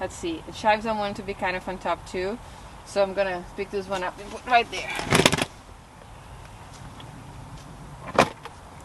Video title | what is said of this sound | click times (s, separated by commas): What I’m Planting in My GreenStalk for an Early Harvest! | there we go easy when they're heavy and full of soil so you want to make sure you hear that click | 8.2 s